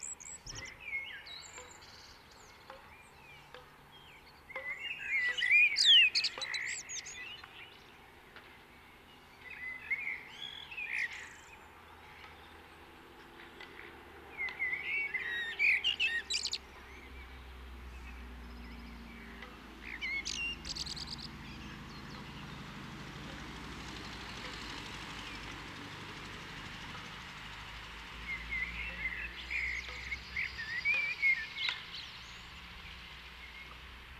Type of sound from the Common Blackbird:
song